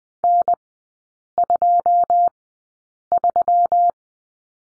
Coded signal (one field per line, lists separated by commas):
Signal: Morse code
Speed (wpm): 20 wpm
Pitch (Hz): 700 Hz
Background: none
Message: N23